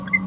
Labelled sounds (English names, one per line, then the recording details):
Green-rumped Parrotlet babbling
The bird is a female
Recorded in a nest box in Venezuela
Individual 17B42A4